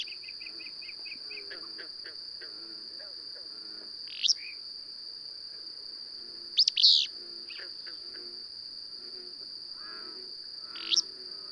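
Bird song, loud sweeping high phrases at about four, seven and eleven seconds, with a quick run of short chirps at the start, over a steady high whine.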